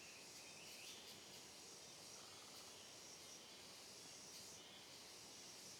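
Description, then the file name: Cicada chorus forming an even, high hissing drone with slight flickers of intensity throughout. Chorus of cicadas on a trail in dense, closed forest, with reverberating sound. "Coro de Cigarras em Trilha de Mata Fechada Reverberando"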